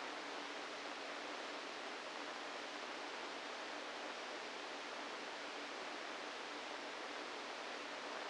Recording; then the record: brain microelectrode recording played as sound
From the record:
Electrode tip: inside the subthalamic nucleus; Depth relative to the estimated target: 1 mm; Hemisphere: right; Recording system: NeuroSet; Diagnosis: Parkinson's disease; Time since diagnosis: 7 years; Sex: female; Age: 68 years